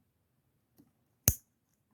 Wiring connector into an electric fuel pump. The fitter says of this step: there it is snapped into place